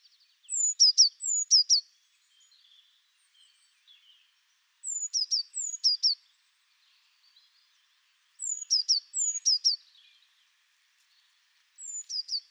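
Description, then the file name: Eurasian blue tit: very high, thin notes each dropping to lower notes, given in short phrases repeated every few seconds. "Cyanistes caeruleus"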